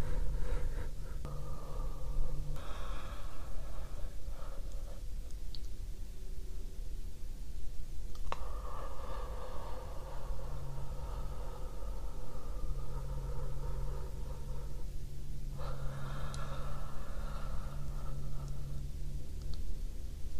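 Deep breathing with slow, drawn-out breaths every few seconds over a steady low rumble and hum, with a sharp click near eight seconds.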